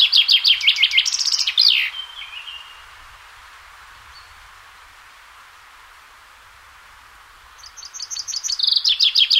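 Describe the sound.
Chaffinch song: a rapid trill ends in a flourish, then a quiet pause, then another song begins with a fast rattling run of bright notes.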